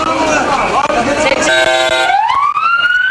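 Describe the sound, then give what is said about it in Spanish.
Ambulance sirens wail loudly amid a burst of commotion and voices at an airport in Turkey minutes after a suicide bomb attack, holding a steady high tone before sweeping upward in pitch. “El trasiego de las ambulancias, los gritos, el pánico y el dolor por los fallecidos.”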